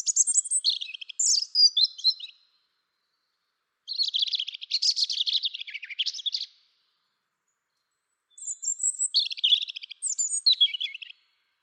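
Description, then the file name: European robin song in three tinkling phrases, each a quick jumble of high whistles and trills, with pauses of a second or more between them. "Erithacus rubecula"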